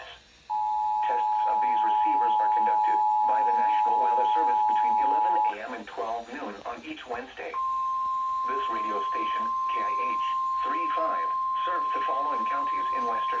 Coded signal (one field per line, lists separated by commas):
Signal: Emergency Alert System (SAME) tones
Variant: 853 and 960 Hz attention tone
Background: speech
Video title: KIH35 RWT (5/19/21) EAS 251-252